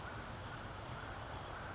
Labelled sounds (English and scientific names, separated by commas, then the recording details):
California Towhee (Melozone crissalis)
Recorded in Sonoma County, California